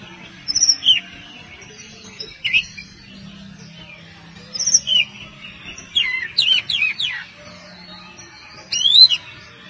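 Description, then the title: Oriental magpie-robin song: bright whistled notes and rapid falling slurs in irregular bursts every few seconds, with a low droning hum in the background. "Kacer"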